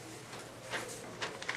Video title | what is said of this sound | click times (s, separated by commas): 條碼學院 DATAMAX | and then you go ahead and apply that pressure back down you'll hear a click and it'll lock the printhead back in place | 1.4 s, 1.5 s